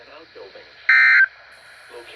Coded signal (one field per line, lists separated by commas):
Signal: Emergency Alert System (SAME) tones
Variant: end-of-message bursts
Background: speech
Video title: EAS #8 - Severe Thunderstorm Warning - on WXK67 & K-LOVE 91.3